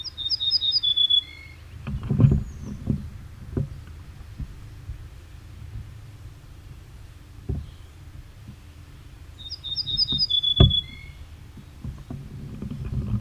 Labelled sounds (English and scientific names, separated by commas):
Ortolan Bunting (Emberiza hortulana) song